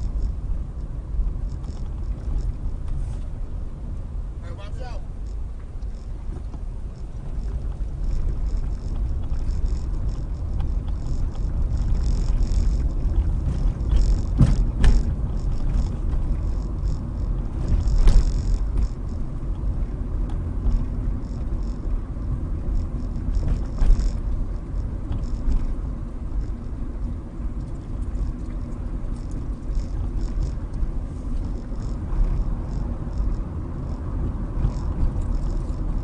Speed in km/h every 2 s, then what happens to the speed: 15, 11, 6, 8, 16, 19, 23, 23, 24, 26, 27, 27, 27, 27, 27, 27, 27, 27.
0-5 slows to 6. 5-12 speeds up to 23. 12-36 steady at about 27.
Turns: none.